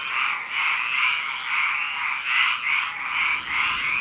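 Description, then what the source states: Many frogs give a continuous rattling croak chorus, pulsing in loudness about once per second. At a lake.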